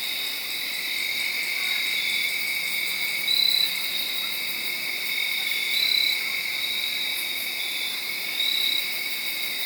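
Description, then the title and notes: Crickets chirping in a steady high chorus, with a brighter trill swelling roughly every two and a half seconds over the continuous drone. Made around midnight, late Saturday night into Sunday morning, under a tree in Sharon, Pennsylvania. "Crickets (field recording). late on Saturday night/Sunday morning. The location was in Sharon, Pennsylvania, under a tree. around 12:00 in the morning"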